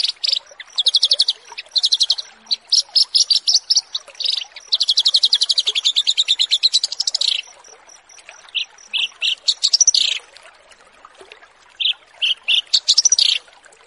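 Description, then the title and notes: Bushlark song: bursts of rapid, high chirping trills and buzzy rattles, some long runs, broken by short pauses, over a faint steady high tone. Bird-keeping song tutoring recording (masteran) of bushlark song, for training birds. "Branjangan VS BURGER Masteran Mewah 1. burung BRANJANGAN"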